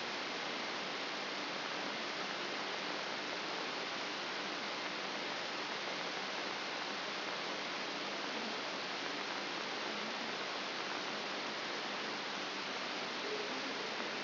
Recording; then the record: brain microelectrode recording played as sound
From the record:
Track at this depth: inside the subthalamic nucleus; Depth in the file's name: 4.901 mm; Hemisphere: left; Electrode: 3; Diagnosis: Parkinson's disease